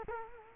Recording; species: mosquito wingbeat signal from an infrared sensor; Culex quinquefasciatus